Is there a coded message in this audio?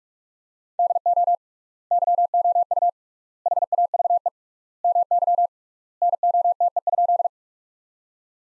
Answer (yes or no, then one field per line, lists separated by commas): yes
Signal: Morse code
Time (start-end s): 0.8-7.3 s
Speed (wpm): 44 wpm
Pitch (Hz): 700 Hz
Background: none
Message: DO YOU HAVE MY NOTE?